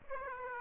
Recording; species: mosquito wingbeat signal from an infrared sensor; Aedes aegypti